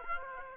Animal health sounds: mosquito wingbeat signal from an infrared sensor; Aedes aegypti

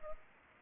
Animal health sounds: mosquito wingbeat signal from an infrared sensor; Anopheles arabiensis

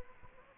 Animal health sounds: mosquito wingbeat signal from an infrared sensor; Aedes aegypti

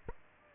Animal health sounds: mosquito wingbeat signal from an infrared sensor; Aedes aegypti

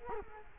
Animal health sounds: mosquito wingbeat signal from an infrared sensor; Culex quinquefasciatus

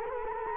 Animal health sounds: mosquito wingbeat signal from an infrared sensor; Culex quinquefasciatus

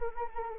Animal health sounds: mosquito wingbeat signal from an infrared sensor; Anopheles arabiensis

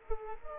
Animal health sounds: mosquito wingbeat signal from an infrared sensor; Culex quinquefasciatus

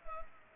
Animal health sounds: mosquito wingbeat signal from an infrared sensor; Culex pipiens

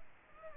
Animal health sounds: mosquito wingbeat signal from an infrared sensor; Culex pipiens

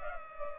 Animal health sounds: mosquito wingbeat signal from an infrared sensor; Culex pipiens

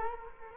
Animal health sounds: mosquito wingbeat signal from an infrared sensor; Culex quinquefasciatus

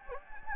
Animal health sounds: mosquito wingbeat signal from an infrared sensor; Anopheles gambiae

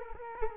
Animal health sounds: mosquito wingbeat signal from an infrared sensor; Culex quinquefasciatus

